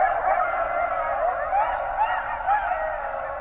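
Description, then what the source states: Coyotes howling together, several wavering tones that swoop up and down and overlap in a steady, unbroken chorus. Several coyotes, 20 January 2012.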